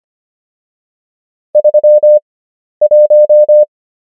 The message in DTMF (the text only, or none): none